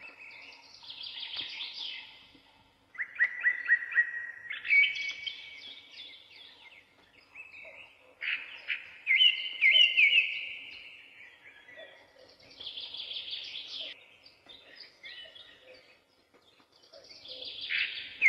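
Forest birds sing in bright, rapid chirping bursts with brief pauses, one loud warble near ten seconds over a quiet background.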